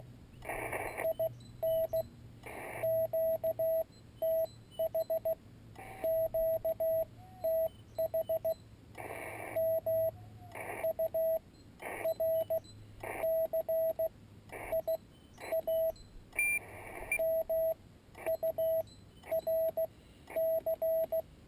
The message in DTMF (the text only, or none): none